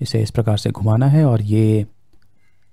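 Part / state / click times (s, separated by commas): tripod stand mount into action camera frame / seated / 2.1 s, 2.2 s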